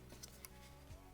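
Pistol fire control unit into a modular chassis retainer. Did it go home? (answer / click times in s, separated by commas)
no / none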